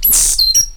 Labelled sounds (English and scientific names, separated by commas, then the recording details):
Stitchbird (Notiomystis cincta) song
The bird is a male
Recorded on Tiritiri Matangi Island, New Zealand, in 2005
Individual 8, of nest box 10